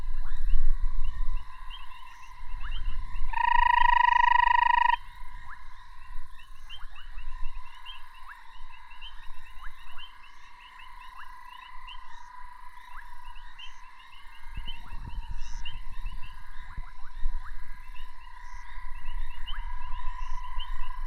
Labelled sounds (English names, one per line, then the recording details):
Banded Rubber Frog call
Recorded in the wild
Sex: male
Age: adult
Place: Marepsig, ZA
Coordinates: -24.5, 30.85
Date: 1996-02-01 21:28
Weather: 23,6°C
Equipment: Sony TCD-D3, Sennheiser ME 80, K 30 AV
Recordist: Gutsche, Alexander